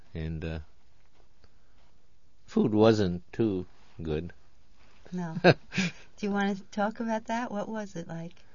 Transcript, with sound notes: And, uh, the food wasn't too good. ( he laughs )
No. Do you want to talk about that? What was it like?